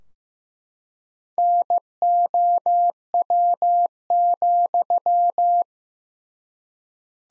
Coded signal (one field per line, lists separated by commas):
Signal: Morse code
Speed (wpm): 15 wpm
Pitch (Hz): 700 Hz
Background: none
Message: NOW,